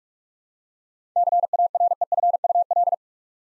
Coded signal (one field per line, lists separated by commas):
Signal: Morse code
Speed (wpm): 46 wpm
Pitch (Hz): 700 Hz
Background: none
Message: CAREFUL